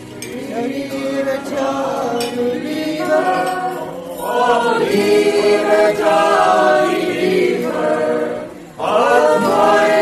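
A lively bar, full of overlapping voices that blend into a dense, steady murmur. The chatter swells and stays loud throughout, with a brief hush just before the ninth second before the noise of the crowd returns.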